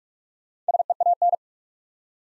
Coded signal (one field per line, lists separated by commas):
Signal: Morse code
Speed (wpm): 46 wpm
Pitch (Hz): 700 Hz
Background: none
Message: SEAN